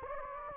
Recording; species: mosquito wingbeat signal from an infrared sensor; Anopheles gambiae